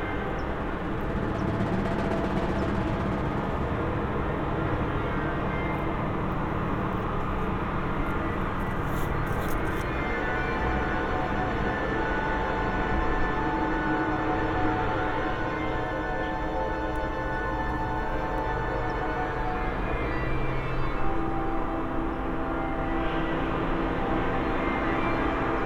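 A plane drones overhead in a thick, steady low rumble that fills all 26 seconds at an even loudness. Long, slowly changing organ-like notes hold above it, clearest after ten seconds. A few brief bright clicks cluster around six to ten seconds.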